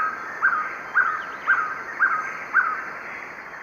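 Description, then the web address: Violaceous trogon song of five soft, evenly spaced hooting notes about half a second apart, with a steady high hum in the background. Song; eastern lowlands of South America. "Natures Songs S America Eastern Lowlands Trogon violaceus, song"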